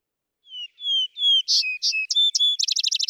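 Vesper sparrow song: three slurred whistles, buzzy and clear paired notes, then the start of a fast trill cut off at the end.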